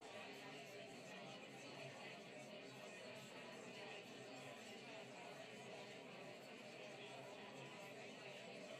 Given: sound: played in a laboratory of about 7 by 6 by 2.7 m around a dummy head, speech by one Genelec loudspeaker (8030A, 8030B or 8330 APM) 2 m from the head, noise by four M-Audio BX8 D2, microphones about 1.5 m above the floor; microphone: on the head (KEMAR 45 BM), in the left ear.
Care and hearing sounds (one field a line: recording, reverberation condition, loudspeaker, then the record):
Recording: babble noise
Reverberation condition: low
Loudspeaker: four, about 170 cm from the corners of the room and facing them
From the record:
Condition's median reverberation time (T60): about 310 ms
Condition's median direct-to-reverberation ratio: about 3.5 dB